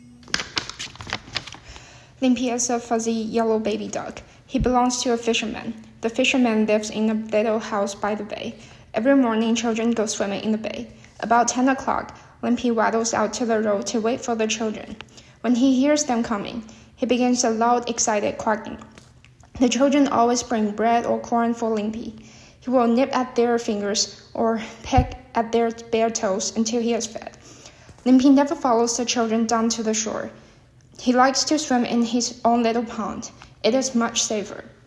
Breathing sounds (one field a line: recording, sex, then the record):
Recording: reading aloud after running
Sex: female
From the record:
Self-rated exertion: light exertion (2 of 6)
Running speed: 6 miles an hour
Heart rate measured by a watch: 101 beats a minute at the start, 110 at the end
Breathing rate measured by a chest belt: 15 breaths a minute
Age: 24 years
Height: 163 cm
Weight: 52 kg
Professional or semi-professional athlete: no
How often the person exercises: 1 to 2 times a week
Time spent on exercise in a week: under 1 hour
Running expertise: no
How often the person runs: 1 to 2 times a week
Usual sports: interval training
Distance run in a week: 5 km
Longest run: 3 km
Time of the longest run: 30 minutes